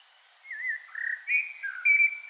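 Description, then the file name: Common blackbird warbling a short run of mellow whistled notes that shift up and down, ending on a higher, clearer whistle. "Turdus merula"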